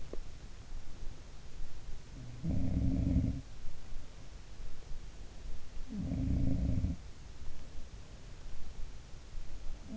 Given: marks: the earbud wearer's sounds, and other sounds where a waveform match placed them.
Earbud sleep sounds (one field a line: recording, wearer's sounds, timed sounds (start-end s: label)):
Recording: sounds in sleep by an in-ear microphone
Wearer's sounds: teeth grinding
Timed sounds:
0.00-0.28 s: teeth grinding
2.15-3.51 s: sound from someone else or the room
5.90-7.13 s: sound from someone else or the room